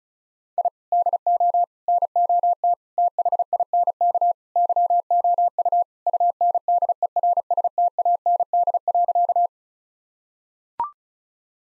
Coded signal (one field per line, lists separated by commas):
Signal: Morse code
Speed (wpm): 34 wpm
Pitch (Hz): 700 Hz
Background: none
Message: I DO NOT THINK YOU UNDERSTAND.